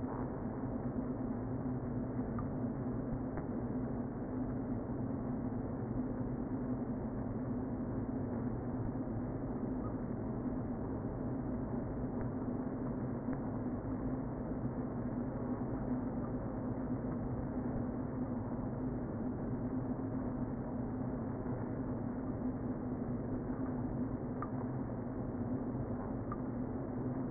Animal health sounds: honeybee colony, microphone inside the hive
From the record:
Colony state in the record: queen present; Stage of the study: before two queens were removed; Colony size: about 60,000 bees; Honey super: yes

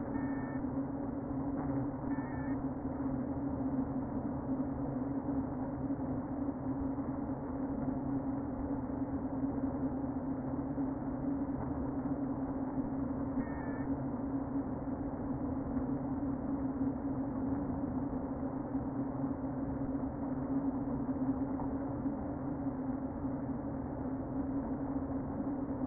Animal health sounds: honeybee colony, microphone inside the hive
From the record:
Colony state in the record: queen present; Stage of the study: before two queens were removed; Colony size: about 60,000 bees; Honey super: yes

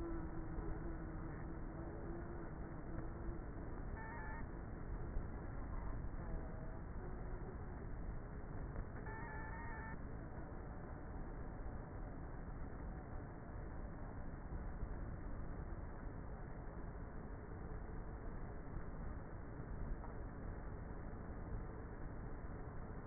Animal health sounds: honeybee colony, microphone inside the hive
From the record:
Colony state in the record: queenless with a low population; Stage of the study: before two queens were removed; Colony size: about 30,000 bees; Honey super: no

